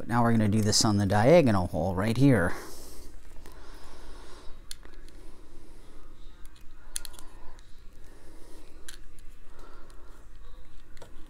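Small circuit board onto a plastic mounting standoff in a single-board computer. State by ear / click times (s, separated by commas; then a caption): not seated / none. Someone talks briefly, then a small circuit board is handled against a plastic mounting standoff in a single-board computer at the diagonal hole, with faint scraping and light clicks at 4.7, 7.0 and 8.9 seconds. The board has not snapped onto the standoff yet; nothing has seated by the end of the clip.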